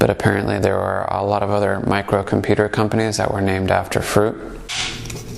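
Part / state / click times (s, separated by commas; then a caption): single-board computer into plastic case / not seated / none. Someone talks, then a Raspberry Pi 4 single-board computer is handled and pressed toward its plastic case, with a few brief handling sounds near the end. The clip stops before the board goes home, so nothing has seated or clicked yet.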